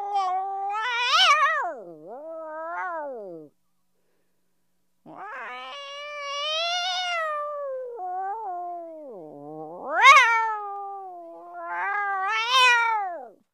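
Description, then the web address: Cat calling in long wavering meows, separated by a silent pause, with several rising peaks and drooping endings. "animals cat"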